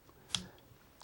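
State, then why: Seated. A small metal centering gauge with an extension wire for lining up the hook shank is fitted onto a fly-tying vise and snaps into place with a single sharp click at 0.3 s. Fainter small ticks follow near 0.6 s and 1.0 s. The gauge is seated on the vise.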